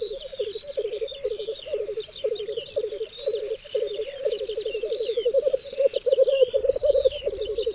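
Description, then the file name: Black grouse bubbling steadily in low rolling phrases, almost without pause, while other birds chirp and trill faintly in the background. "Cietrzew"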